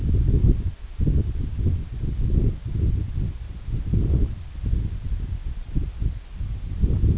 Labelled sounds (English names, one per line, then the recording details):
none
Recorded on Arctic tundra, site EABA-1, on 24 June 2018
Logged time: 10:00